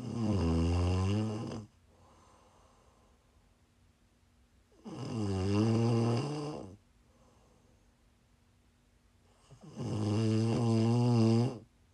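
Prime ASMR snoring from an adult: loud, low-pitched, droning snores recurring about every five seconds, roughly 12 per minute, with quiet breathing between them.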